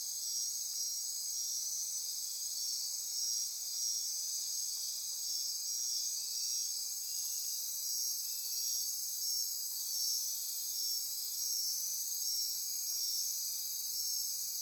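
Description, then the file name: Insects calling together in a dense high-pitched shrill, steady layered trills pulsing slightly throughout. Insect chorus recorded at midnight near Corcovado. "Wind-is-the-Original-Radio-Fridays Andy-Martin Midnight-Insect-Chorus-Near-Corcovado"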